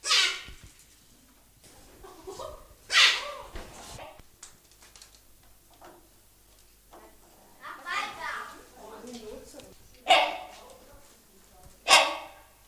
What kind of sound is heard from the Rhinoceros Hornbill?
call